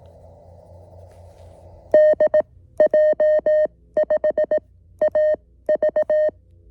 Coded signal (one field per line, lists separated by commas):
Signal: Morse code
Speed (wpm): 18 wpm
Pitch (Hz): 610 Hz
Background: none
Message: DJ5AV